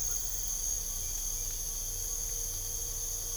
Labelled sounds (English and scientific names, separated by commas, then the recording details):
none
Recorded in pastures near Puerto Asís, Putumayo, Colombia, on 26 December 2024 at 05:00
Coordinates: 0.497, -76.327
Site G088